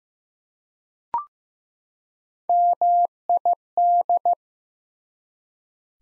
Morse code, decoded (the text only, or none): MID